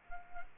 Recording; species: mosquito wingbeat signal from an infrared sensor; Anopheles gambiae